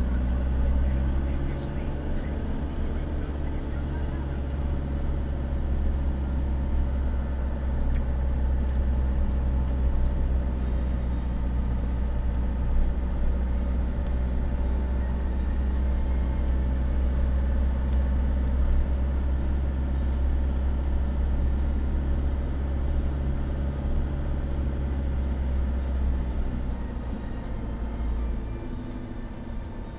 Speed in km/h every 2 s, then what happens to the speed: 14, 17, 16, 15, 16, 15, 15, 15, 15, 15, 15, 15, 15, 14, 12.
0-30 steady at about 15.